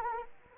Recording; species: mosquito wingbeat signal from an infrared sensor; Anopheles arabiensis